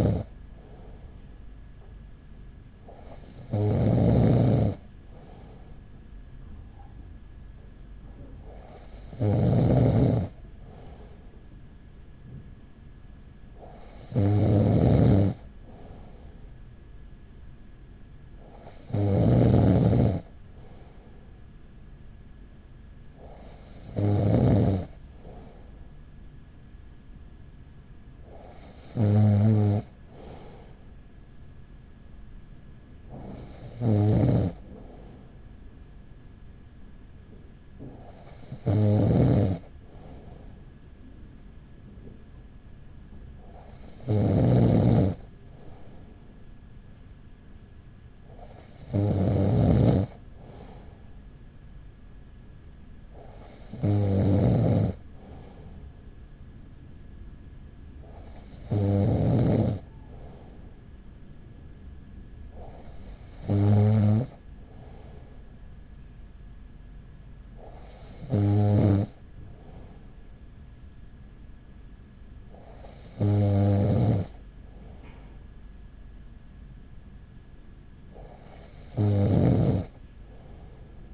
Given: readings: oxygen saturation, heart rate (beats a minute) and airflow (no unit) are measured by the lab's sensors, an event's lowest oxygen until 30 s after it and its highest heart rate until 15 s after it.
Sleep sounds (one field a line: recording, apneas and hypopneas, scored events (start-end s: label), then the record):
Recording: breathing in sleep by a smartphone at the bedside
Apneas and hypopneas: none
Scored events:
none scored
From the record:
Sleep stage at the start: N2 (light sleep)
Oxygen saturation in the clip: 95 to 96%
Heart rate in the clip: 39 to 44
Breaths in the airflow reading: 17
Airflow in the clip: -5.5 to 4.6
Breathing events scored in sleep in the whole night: 207 in 7.6 hours asleep